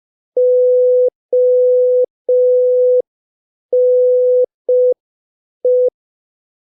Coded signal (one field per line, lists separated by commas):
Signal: Morse code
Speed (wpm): 5 wpm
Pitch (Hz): 500 Hz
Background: none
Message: ONE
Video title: Morse Code Practice #3 (5wpm)